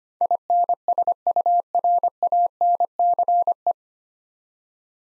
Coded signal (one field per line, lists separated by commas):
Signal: Morse code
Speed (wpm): 25 wpm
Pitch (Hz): 700 Hz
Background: none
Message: INSURANCE